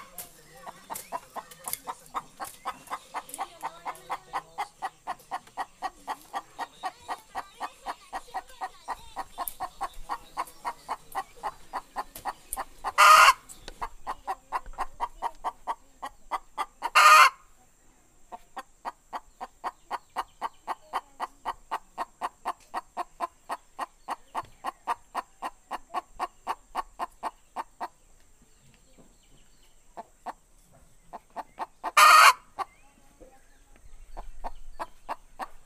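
A brooding hen clucks in a rapid, steady stream of short clicking notes, mid-pitched and nearly continuous for most of the half minute. Sharp, loud bursts cut in around 13, 17 and 32 seconds, and the clucking thins out and pauses near 28–31 seconds.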